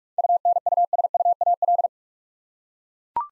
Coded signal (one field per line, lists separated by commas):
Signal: Morse code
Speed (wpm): 41 wpm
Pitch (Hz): 700 Hz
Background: none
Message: UNUSUAL